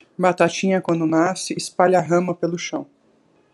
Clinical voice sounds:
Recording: short text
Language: Brazilian Portuguese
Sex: female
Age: 50 to 59 years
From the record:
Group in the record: control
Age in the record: 51 years

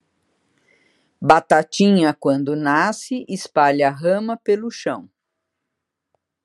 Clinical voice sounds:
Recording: short text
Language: Brazilian Portuguese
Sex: female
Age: 70 to 79 years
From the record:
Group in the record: control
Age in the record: 71 years

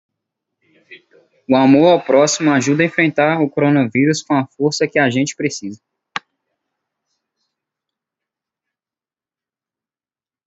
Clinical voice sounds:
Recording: spoken sentence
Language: Brazilian Portuguese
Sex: male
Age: 20 to 29 years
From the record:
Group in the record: control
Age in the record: 20 years

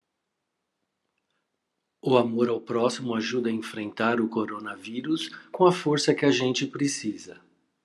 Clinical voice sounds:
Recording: spoken sentence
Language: Brazilian Portuguese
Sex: male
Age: 50 to 59 years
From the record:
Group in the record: control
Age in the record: 57 years

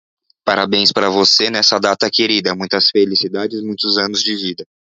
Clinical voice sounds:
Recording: short text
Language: Brazilian Portuguese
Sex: male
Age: 30 to 39 years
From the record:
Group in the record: control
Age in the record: 37 years

